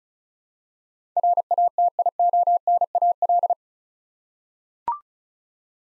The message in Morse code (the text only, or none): RATIONAL